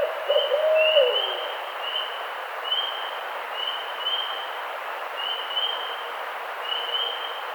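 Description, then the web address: Barred owl gives a short, slurred low hooting phrase at the start, with a high thin note repeating several times in the background throughout. Recorded 18 April 2009. "Barred Owl 2009 04 18"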